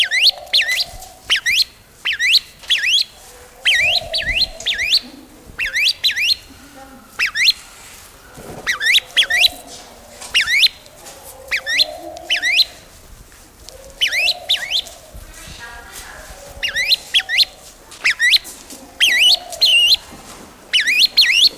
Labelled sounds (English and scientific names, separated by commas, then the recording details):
Grey-winged Trumpeter (Psophia crepitans)
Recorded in captivity
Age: adult
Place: Zoo Berlin, Berlin, DE
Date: 1999-09-04 15:11
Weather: sunny, 24°C
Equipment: Sony WM-D6C, Sennheiser ME 80, Kopie Uher 4000 Report Monitor
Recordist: Tembrock, Günter
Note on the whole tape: Zwei Tiere (eines am Gitter, anderes immer wieder verdrängend), nimmt Objekt in den Schnabel (das andere auch): am Gitter (auf Beobachter bezogen) intensiver mit Flügellüften (rhythmisch)